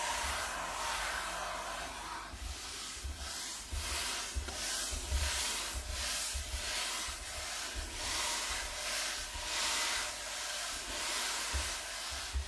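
Rubbing and scratching on a wooden table, a dense rasping hiss that swells and fades in regular strokes about twice a second. Low thumps pulse under each stroke, and the rhythm stays steady throughout with only slight shifts in pattern.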